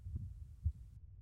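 Normal adult heartbeat: soft, low-pitched thumps heard twice in about a second, with all the sound below 200 Hz.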